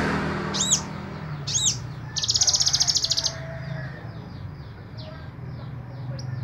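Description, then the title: Small bird singing sharp high chirps followed by a dry buzzy trill, then faint scattered twitters over low background rumble. "Burung Kecil"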